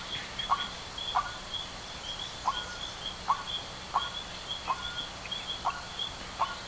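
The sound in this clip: Bird gives several short call notes at uneven intervals, with a steady shrill background hum throughout.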